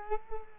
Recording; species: mosquito wingbeat signal from an infrared sensor; Culex quinquefasciatus